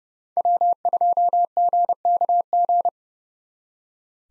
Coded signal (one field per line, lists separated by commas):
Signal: Morse code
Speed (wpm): 38 wpm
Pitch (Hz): 700 Hz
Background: none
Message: W2GKG